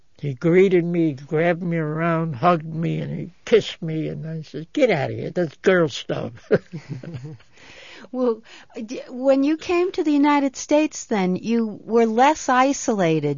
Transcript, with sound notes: He greeted me, grabbed me around and hugged me, and he kissed me, and I said, "Get out of here. That's girl stuff." ( they laugh )
When you came to the United States then, you were less isolated.